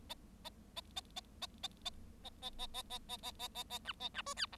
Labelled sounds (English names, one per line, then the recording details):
Bengalese Finch song
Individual Bird7